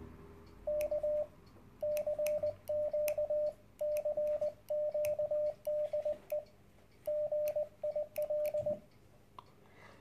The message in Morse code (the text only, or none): K CQ CQ DE GIL